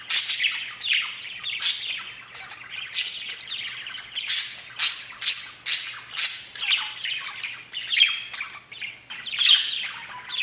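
Budgerigar calls: loud, continuous run of harsh squawky chirps and buzzy warbled notes, each burst sweeping quickly, in irregular succession throughout.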